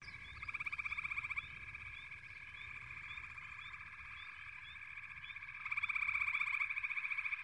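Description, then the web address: Frogs calling in chorus: steady pulsing trills overlap continuously, with a louder rapid pulsed burst near the end. "Sounds of Nature Collection. Froggies"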